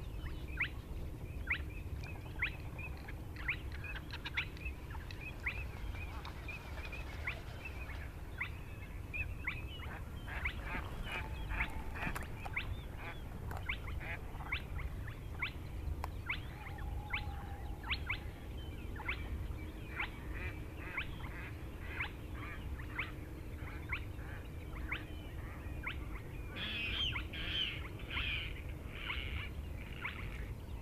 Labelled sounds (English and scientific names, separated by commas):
Spotted Crake (Porzana porzana)